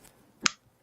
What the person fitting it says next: did you hear the little click it kind of clicked when i breathed so that means that it's right